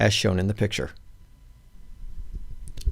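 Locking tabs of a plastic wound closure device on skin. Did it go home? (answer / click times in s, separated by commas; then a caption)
yes / 2.7 s, 2.8 s. Someone talks briefly, then the tabs of a DermaClip plastic wound closure device adhered to skin are pulled smoothly in opposing directions. A sharp double click sounds at 2.7 s and 2.8 s as the lock engages and the device is seated.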